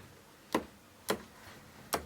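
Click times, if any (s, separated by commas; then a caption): 0.5 s, 1.1 s, 1.9 s. The rotating tripod collar on a Canon 300mm f/2.8 L IS II telephoto lens is turned around the lens barrel, clicking into its detent stops for landscape and portrait orientation. Three short, sharp broadband clicks sound at 0.6, 1.1 and 1.9 seconds over a quiet background. Each click marks the collar seating into a detent position.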